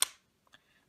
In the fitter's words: one side there's the other side there's the last bit and just crunch right closed you hear all the clicks